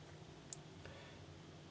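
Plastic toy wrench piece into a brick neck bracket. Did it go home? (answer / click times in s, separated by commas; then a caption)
yes / 0.5 s. A small plastic toy wrench piece is pushed into a neck-bracket assembly on a brick-built robot and locks in place. A single short, bright click sounds at 0.5 seconds over a faint steady background, with a softer tick near 0.9 seconds, and the piece is seated.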